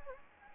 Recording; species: mosquito wingbeat signal from an infrared sensor; Anopheles gambiae